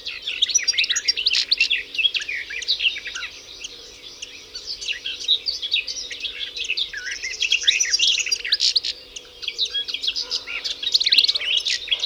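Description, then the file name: European goldfinch song, dense jangling twittering phrases with a few quieter gaps, over a faint low hum. "Carduelis carduelis"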